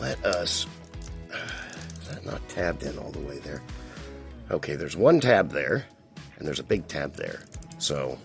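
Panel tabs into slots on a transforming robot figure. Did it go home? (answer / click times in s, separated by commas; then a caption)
no / none. Someone talks over background music while handling a Bingo Toys Hertz BT08-01 Strafe transforming robot figure with die-cast parts, working a panel's tabs toward their slots. A few brief handling taps are heard between about 1.1 and 2.1 s. Nothing has seated or clicked yet; the panel is not yet home.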